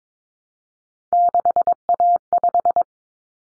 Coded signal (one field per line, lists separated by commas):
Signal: Morse code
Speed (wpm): 22 wpm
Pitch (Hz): 700 Hz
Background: none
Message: 6A5